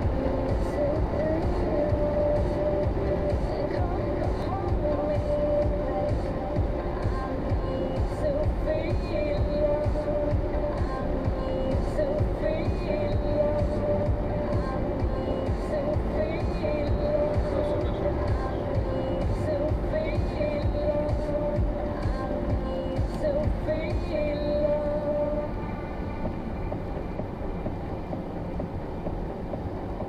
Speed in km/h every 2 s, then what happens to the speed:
113, 109, 107, 105, 104, 104, 106, 108, 107, 104, 99, 93, 85, 83, 84.
0-7 slows to 104. 7-15 steady at about 104. 15-24 slows to 85. 24-30 steady at about 84.